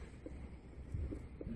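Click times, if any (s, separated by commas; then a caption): none. A CK-1P6 sensor board, with its adhesive backing paper removed, is handled as it is placed down onto a telephone over the line buttons, giving soft low handling bumps over a steady low rumble, with a brief faint tap at 1.4 s. The clip ends before the board locks into place, so nothing has seated or clicked yet.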